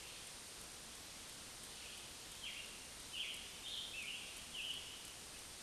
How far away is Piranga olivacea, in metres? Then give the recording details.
about 75 m. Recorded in a Pennsylvania forest on 1 June 2023 at 08:08. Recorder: AudioMoth, point grid3_40_high. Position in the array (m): 164 m, 141 m